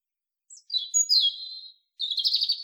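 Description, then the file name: European robin singing: a high thin note, a silvery descending warble, a short gap, then a fast twittering phrase. "Erithacus rubecula"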